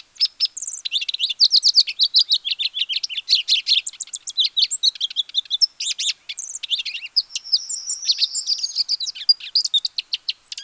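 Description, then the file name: Lesser goldfinch giving a busy, nearly continuous stream of high chattering chips, buzzy notes and thin whistles, with some longer sliding tones later on. "Spinus psaltria"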